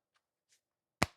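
The next corner of a tight-fitting plastic Phone Rebel Gen 7 (Flex Frosted) case is pressed onto an iPhone 17 Pro Max. After two faint soft ticks near 0.2 s and 0.5 s, the corner snaps on with one sharp click at 1.0 s. The case is seated, and the snap is not especially loud because the fit is so tight.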